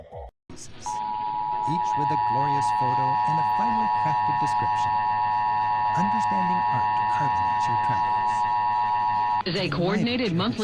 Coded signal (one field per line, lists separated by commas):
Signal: Emergency Alert System (SAME) tones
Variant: 853 and 960 Hz attention tone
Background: speech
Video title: A Major Randomly Alerts Monday (EAS #24695-24706) 2/10/25